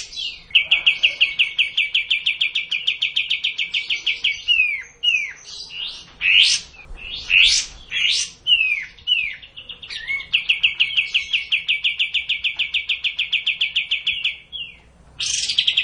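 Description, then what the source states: Cililin song: rapid rattling note trains alternating with loud rising squeaky whistles and slurred phrases, then another long even trill. Kapas tembak song style.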